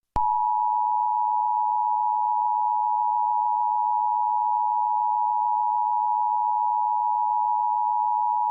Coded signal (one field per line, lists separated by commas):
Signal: Emergency Alert System (SAME) tones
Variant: 853 and 960 Hz attention tone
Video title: A EAS During Peep & The Big Wide World